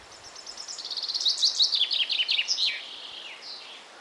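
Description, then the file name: Common chaffinch singing one phrase of quick, clear notes that tumble downward in pitch and finish with an emphatic flourish, followed by a softer trailing note. "Fringilla coelebs"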